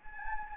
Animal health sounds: mosquito wingbeat signal from an infrared sensor; Anopheles gambiae

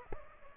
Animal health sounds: mosquito wingbeat signal from an infrared sensor; Aedes aegypti

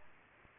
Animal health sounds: mosquito wingbeat signal from an infrared sensor; Aedes aegypti

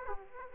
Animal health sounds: mosquito wingbeat signal from an infrared sensor; Aedes aegypti

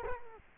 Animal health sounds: mosquito wingbeat signal from an infrared sensor; Culex quinquefasciatus

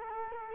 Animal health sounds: mosquito wingbeat signal from an infrared sensor; Culex quinquefasciatus

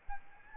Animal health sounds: mosquito wingbeat signal from an infrared sensor; Aedes albopictus

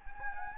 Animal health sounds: mosquito wingbeat signal from an infrared sensor; Anopheles gambiae

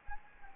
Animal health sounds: mosquito wingbeat signal from an infrared sensor; Anopheles gambiae

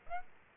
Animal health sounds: mosquito wingbeat signal from an infrared sensor; Aedes aegypti

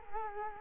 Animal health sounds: mosquito wingbeat signal from an infrared sensor; Culex quinquefasciatus

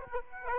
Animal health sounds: mosquito wingbeat signal from an infrared sensor; Aedes aegypti

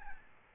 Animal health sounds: mosquito wingbeat signal from an infrared sensor; Aedes albopictus

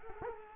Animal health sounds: mosquito wingbeat signal from an infrared sensor; Culex quinquefasciatus

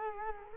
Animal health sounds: mosquito wingbeat signal from an infrared sensor; Culex quinquefasciatus

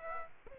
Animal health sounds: mosquito wingbeat signal from an infrared sensor; Aedes aegypti

